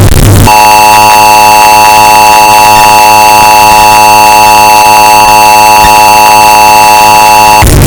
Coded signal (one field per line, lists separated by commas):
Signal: Emergency Alert System (SAME) tones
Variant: 853 and 960 Hz attention tone